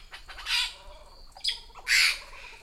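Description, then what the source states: Magpie-jay giving three harsh, raspy squawks, the last one loudest. Magpie-jay flocks are led by females.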